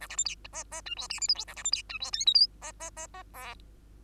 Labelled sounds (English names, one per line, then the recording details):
Bengalese Finch song
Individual Bird2